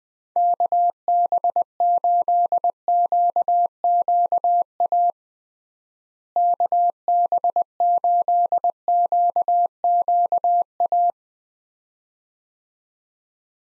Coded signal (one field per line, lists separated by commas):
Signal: Morse code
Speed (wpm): 20 wpm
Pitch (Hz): 700 Hz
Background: none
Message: KB8QQA KB8QQA